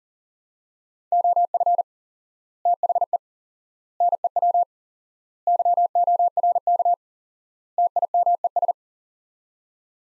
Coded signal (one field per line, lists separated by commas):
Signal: Morse code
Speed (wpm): 40 wpm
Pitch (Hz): 700 Hz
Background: none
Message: OF THE NEW YORK TIMES